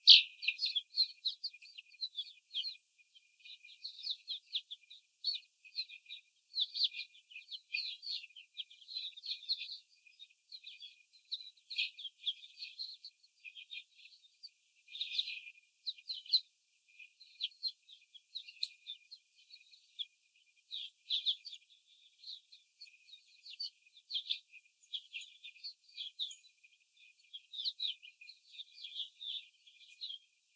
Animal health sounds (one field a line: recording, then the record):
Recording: young laying hens in a cage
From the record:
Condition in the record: after the stressor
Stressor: simulated dog barking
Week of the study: 4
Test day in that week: 3